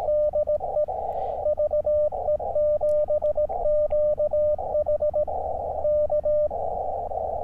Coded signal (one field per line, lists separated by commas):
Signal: Morse code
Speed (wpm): 18 wpm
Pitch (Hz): 600 Hz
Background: radio noise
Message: DE VE7QH K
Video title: KX2 is back baby! | SOTA up at Dufferin Hill Oct 29, 2022